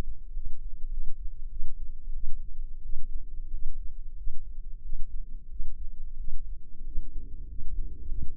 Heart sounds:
heart sounds by microphone in the left ear; 93 bpm
0.32 s: heartbeat
0.89 s: heartbeat
1.48 s: heartbeat
2.12 s: heartbeat
2.81 s: heartbeat
3.49 s: heartbeat
4.14 s: heartbeat
4.81 s: heartbeat
5.47 s: heartbeat
6.16 s: heartbeat
6.83 s: heartbeat
7.46 s: heartbeat
8.06 s: heartbeat
From the record:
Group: healthy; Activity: cold pressor test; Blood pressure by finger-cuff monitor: 120/71 mmHg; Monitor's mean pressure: 92 mmHg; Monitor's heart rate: 92 bpm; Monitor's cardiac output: 7.9 L/min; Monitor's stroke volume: 86 mL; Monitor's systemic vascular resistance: 870 dyn s/cm5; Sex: female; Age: 24 years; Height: 163 cm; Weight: 55.7 kg

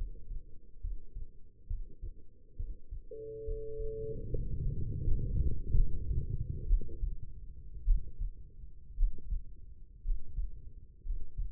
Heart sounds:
heart sounds by stethoscope; 64 bpm
0.81 s: heartbeat
1.67 s: heartbeat
2.56 s: heartbeat
3.44 s: heartbeat
4.29 s: heartbeat
5.03 s: heartbeat
5.74 s: heartbeat
6.67 s: heartbeat
7.85 s: heartbeat
8.96 s: heartbeat
10.03 s: heartbeat
11.04 s: heartbeat
From the record:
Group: healthy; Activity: rest 0-3 s, Valsalva maneuver 3-12 s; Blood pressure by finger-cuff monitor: 142/87 mmHg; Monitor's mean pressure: 102 mmHg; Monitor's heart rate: 67 bpm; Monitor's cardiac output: 5.8 L/min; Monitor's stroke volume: 86 mL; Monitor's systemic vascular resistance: 1280 dyn s/cm5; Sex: female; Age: 22 years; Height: 171 cm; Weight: 65.6 kg

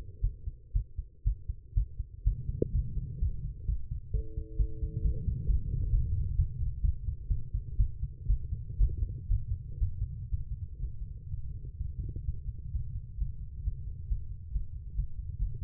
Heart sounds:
heart sounds by stethoscope; 127 bpm
0.21 s: heartbeat
0.73 s: heartbeat
1.24 s: heartbeat
1.74 s: heartbeat
2.24 s: heartbeat
2.72 s: heartbeat
3.19 s: heartbeat
3.66 s: heartbeat
4.11 s: heartbeat
4.56 s: heartbeat
5.01 s: heartbeat
5.47 s: heartbeat
5.91 s: heartbeat
6.36 s: heartbeat
6.81 s: heartbeat
7.28 s: heartbeat
7.77 s: heartbeat
8.26 s: heartbeat
8.77 s: heartbeat
9.28 s: heartbeat
9.79 s: heartbeat
10.29 s: heartbeat
10.79 s: heartbeat
11.28 s: heartbeat
11.76 s: heartbeat
12.24 s: heartbeat
12.70 s: heartbeat
13.16 s: heartbeat
13.62 s: heartbeat
14.06 s: heartbeat
14.50 s: heartbeat
14.93 s: heartbeat
15.36 s: heartbeat
From the record:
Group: healthy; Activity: rest 0-2 s, Valsalva maneuver 2-16 s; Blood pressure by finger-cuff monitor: 121/80 mmHg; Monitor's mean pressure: 89 mmHg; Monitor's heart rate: 128 bpm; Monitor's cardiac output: 8.9 L/min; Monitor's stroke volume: 73 mL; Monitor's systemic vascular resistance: 700 dyn s/cm5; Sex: female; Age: 19 years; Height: 163 cm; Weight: 51 kg

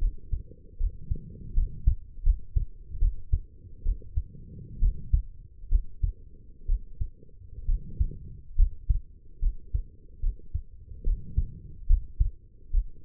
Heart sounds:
heart sounds by stethoscope; 70 bpm
0.77 s: heartbeat
1.54 s: heartbeat
2.23 s: heartbeat
2.99 s: heartbeat
3.83 s: heartbeat
4.79 s: heartbeat
5.68 s: heartbeat
6.66 s: heartbeat
7.65 s: heartbeat
8.55 s: heartbeat
9.39 s: heartbeat
10.20 s: heartbeat
11.03 s: heartbeat
11.87 s: heartbeat
12.70 s: heartbeat
From the record:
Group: healthy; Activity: rest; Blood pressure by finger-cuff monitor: 107/70 mmHg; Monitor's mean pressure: 80 mmHg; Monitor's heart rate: 72 bpm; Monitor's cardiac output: 5.5 L/min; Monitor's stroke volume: 77 mL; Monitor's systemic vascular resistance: 1050 dyn s/cm5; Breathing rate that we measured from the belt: 18 breaths a minute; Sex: female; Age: 23 years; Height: 160 cm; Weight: 50.4 kg

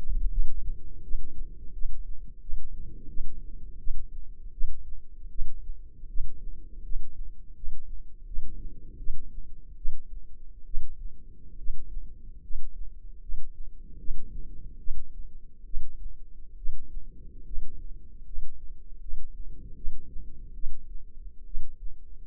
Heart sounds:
heart sounds by microphone in the left ear; 77 bpm
0.30 s: heartbeat
1.02 s: heartbeat
1.73 s: heartbeat
2.40 s: heartbeat
3.08 s: heartbeat
3.78 s: heartbeat
4.52 s: heartbeat
5.30 s: heartbeat
6.08 s: heartbeat
6.83 s: heartbeat
7.55 s: heartbeat
8.26 s: heartbeat
8.98 s: heartbeat
9.76 s: heartbeat
10.65 s: heartbeat
11.57 s: heartbeat
12.42 s: heartbeat
13.21 s: heartbeat
13.98 s: heartbeat
14.78 s: heartbeat
15.65 s: heartbeat
16.56 s: heartbeat
17.45 s: heartbeat
18.24 s: heartbeat
19.00 s: heartbeat
19.75 s: heartbeat
20.54 s: heartbeat
21.45 s: heartbeat
From the record:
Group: healthy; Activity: light exercise 0-11 s, rest 11-22 s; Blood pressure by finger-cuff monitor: 174/69 mmHg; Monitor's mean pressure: 93 mmHg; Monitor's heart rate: 77 bpm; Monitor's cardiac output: 8 L/min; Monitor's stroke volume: 106 mL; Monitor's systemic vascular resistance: 840 dyn s/cm5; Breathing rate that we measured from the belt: 11 breaths a minute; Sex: male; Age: 25 years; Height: 170 cm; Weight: 70.4 kg

